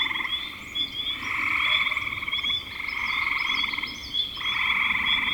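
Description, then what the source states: Frogs calling in chorus: long pulsed trills that swell and fade in overlapping waves, over a steady high ticking tone, with faint short high chirps. Frogs calling in spring 2025.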